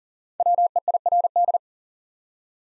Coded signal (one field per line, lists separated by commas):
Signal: Morse code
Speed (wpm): 38 wpm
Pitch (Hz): 700 Hz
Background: none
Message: WEIRD